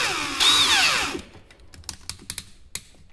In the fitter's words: 3 kliknięcia to znak, że wiertło jest dobrze zamocowane!